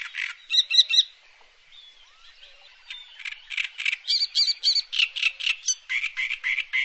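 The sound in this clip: Bird calls: quick stuttering chatter, a short lull with a faint thin whistle, then a long run of rasping, rhythmic notes.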